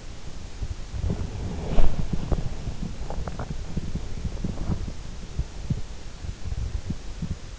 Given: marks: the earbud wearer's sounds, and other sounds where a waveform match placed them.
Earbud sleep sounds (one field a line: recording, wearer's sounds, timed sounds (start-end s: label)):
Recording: sounds in sleep by an in-ear microphone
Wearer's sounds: breath, body movement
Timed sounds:
0.00-2.29 s: breath
0.85-6.35 s: body movement